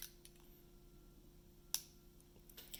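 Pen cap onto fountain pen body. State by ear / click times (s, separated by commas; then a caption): seated / 1.7 s. A plastic snap cap is pushed onto the body of a Pilot Prera fountain pen to show how the capping mechanism works. Against a quiet background with a steady faint hum, a few small ticks are heard before a sharp, bright click at 1.7 s. The cap snaps fully shut, and a few light handling sounds follow.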